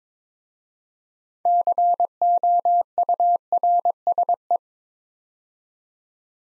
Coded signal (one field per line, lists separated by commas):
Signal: Morse code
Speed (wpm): 22 wpm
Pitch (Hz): 700 Hz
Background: none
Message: COURSE